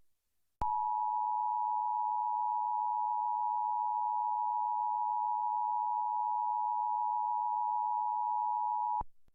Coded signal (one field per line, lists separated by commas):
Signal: Emergency Alert System (SAME) tones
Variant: 853 and 960 Hz attention tone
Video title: EAS Mock -- recreation of real Flash Flood Warning from 9.10.20